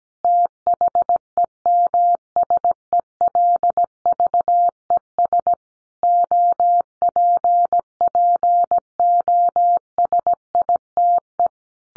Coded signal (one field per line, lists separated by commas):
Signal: Morse code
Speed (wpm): 17 wpm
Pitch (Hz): 700 Hz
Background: none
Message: THEMSELVES OPPOSITE